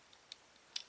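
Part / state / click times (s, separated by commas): plastic tabbed part into toy figure body notch / seated / 0.8 s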